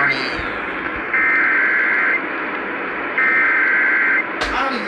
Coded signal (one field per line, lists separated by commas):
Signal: Emergency Alert System (SAME) tones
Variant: header bursts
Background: speech